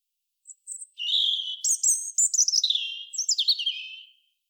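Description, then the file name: European robin singing a tumbling phrase of high thin whistles and rapid trills, sliding downward from very high notes to a sustained lower warble, in a quiet setting. "Erithacus rubecula"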